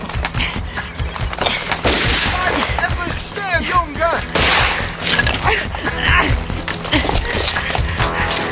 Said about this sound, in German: Hände hoch und ich schieße! Soll das ein Witz sein? Sind die bekloppt? Die schießen auf mich. Die wollen mich umbringen.